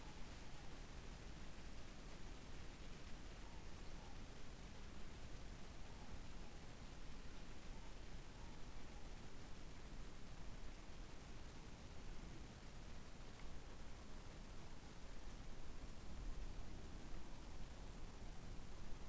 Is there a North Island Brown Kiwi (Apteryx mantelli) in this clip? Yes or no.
no